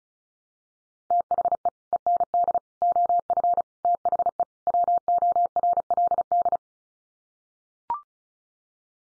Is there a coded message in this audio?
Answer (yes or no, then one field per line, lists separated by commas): yes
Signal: Morse code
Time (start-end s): 1.1-6.6 s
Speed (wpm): 34 wpm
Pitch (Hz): 700 Hz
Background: none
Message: THE END OF THE WORLD